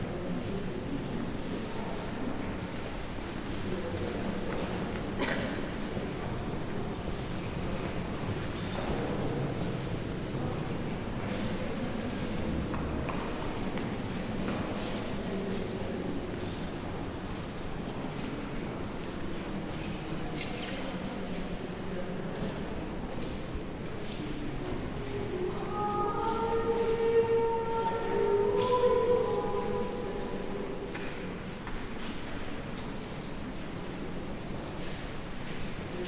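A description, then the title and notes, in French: Inside the Basilique Saint-Sernin de Toulouse, a steady, echoing murmur of voices and movement fills the space. Occasional clicks and soft knocks come and go, and around the 26-second mark a sustained, ringing tone rises above the crowd for several seconds. Basilique Saint-Sernin de Toulouse.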